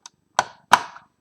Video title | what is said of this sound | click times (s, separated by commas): LEGO Ninjago Video Review : Ninja DB X [Français] | c'est clipsé | 0.4 s, 0.7 s